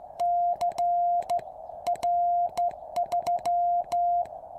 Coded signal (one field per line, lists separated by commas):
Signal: Morse code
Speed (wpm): 14 wpm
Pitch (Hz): 700 Hz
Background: music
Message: C R3